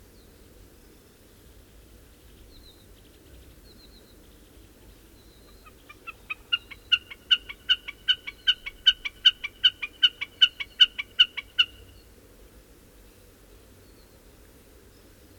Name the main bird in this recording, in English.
Common Snipe